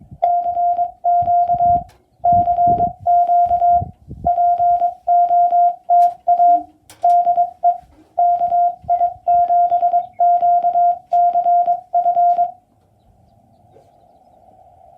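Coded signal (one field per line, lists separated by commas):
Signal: Morse code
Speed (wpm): 21 wpm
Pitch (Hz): 700 Hz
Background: none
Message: CQ CQ POTA DE KI7QCF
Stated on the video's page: QRP CW Parks on the Air activation in Utah.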